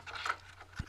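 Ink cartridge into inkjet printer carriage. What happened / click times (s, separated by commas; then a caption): The cartridge pushed home into its slot / 0.3 s. A cyan ink cartridge is pushed into its slot in the carriage of an HP OfficeJet 6600 inkjet printer, giving a soft, faint click at 0.3 s rather than a crisp snap, since these cartridges seat by feel. A dull low thump follows near 0.8 s over a steady low hum. The cartridge is seated snugly in place.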